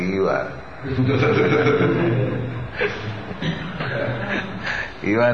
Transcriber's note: laughter